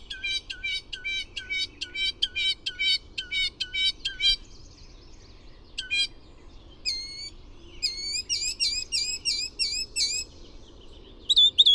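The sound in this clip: Bird song beginning with a long run of quick repeated chirps, then a pause and varied whistled phrases with upslurred notes.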